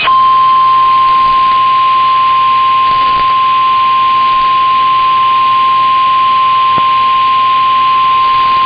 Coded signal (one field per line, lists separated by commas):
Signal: Emergency Alert System (SAME) tones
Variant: 1050 Hz attention tone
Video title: TIME TO GET BACK TO WORK | EAS Alerts from 2/17/2022 (EAS #955-979)